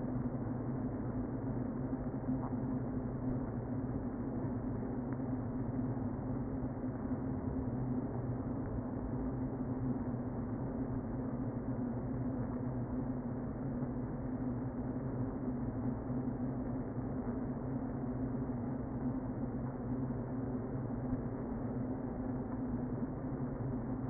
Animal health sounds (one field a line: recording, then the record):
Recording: honeybee colony, microphone inside the hive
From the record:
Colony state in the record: queen present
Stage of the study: before two queens were removed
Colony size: about 60,000 bees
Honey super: yes